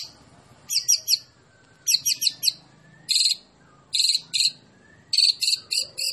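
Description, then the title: White-rumped shama song: short bursts of harsh, high chattering notes in clusters, separated by brief pauses. Recording used as masteran, training song for songbirds; described as a champion bird. "Masteran Murai Batu Juara"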